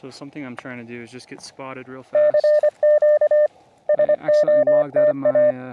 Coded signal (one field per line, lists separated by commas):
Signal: Morse code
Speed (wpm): 25 wpm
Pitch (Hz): 600 Hz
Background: speech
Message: CQ SOTA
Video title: CW Paddle Giveaway | Back at 1st SOTA